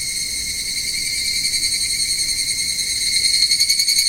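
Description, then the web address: Evening cicada call, a steady shrill ringing with a faint pulsing rhythm that grows slightly louder toward the end. "sikioto insect higurashi"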